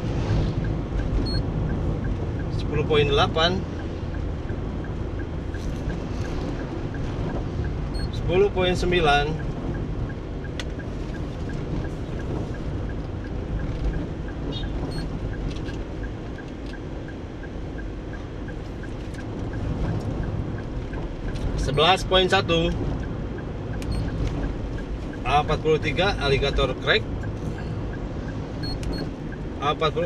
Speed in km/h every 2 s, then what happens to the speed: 53, 53, 53, 53, 52, 52, 52, 53, 53, 53, 53, 53, 53, 53, 53.
0-30 steady at about 53.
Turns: none.